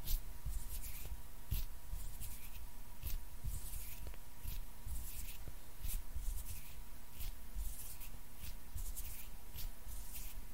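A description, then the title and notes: Hands rub and brush against each other in quick, irregular strokes, each one a soft hissing swish, coming several times per second throughout. Low bumps and thuds sit underneath, with a faint steady hum running in the background. ASMR HAND SOUNDS NO TALKING, INTENSE HAND SOUNDS, ASMR HAND MOVEMENTS.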